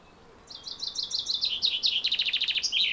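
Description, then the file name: Common chaffinch song: a brisk run of sharp, slightly descending notes speeding into a rattling trill, then a short high flourish at the end. "Fringilla coelebs"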